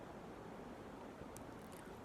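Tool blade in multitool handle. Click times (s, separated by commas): 1.4 s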